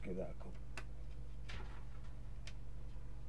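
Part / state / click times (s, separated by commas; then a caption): plastic model part into the lower hull of a scale tank kit / seated / 2.5 s. Someone talks briefly while pressing a plastic part into the lower hull of a 1/35 scale Hobby Boss IDF Nagmachon Doghouse plastic tank model kit, with short ticks around 0.8 s and 1.5 s. A small, sharp click at 2.5 s signals that the part has seated fully into position.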